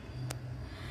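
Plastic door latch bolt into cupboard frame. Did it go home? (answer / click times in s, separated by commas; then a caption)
yes / 0.3 s. On a Cello Novelty plastic cupboard, the top-left plastic latch bolt on the door is pushed into the cupboard frame to lock it. One sharp, short click lands at 0.3 s over a steady low hum. The latch is seated.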